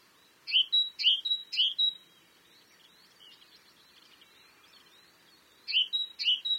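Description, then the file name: Great tit singing three two-note phrases, pausing with faint high twitters in between, then resuming with two more phrases. "Parus major"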